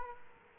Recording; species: mosquito wingbeat signal from an infrared sensor; Aedes aegypti